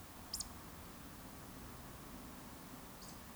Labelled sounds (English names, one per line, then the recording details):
Eurasian Woodcock whistle
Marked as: whistle, whistle
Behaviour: display flight
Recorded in Baden-Württemberg, Germany, on 18 June 2021 at 19:28 UTC
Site 49334, 1074 m above sea level